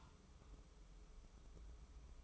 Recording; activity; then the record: daily activity, microphone in the room; take from stove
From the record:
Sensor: 1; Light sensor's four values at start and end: 29/102/39/40 and 29/103/39/41